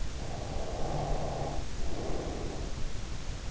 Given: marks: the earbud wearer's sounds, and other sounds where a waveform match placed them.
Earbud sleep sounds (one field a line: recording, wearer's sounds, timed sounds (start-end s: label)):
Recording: sounds in sleep by an in-ear microphone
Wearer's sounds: breath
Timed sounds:
0.13-3.04 s: breath